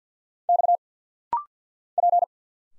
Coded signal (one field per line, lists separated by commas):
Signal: Morse code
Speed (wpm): 50 wpm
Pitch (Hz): 700 Hz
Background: none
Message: X P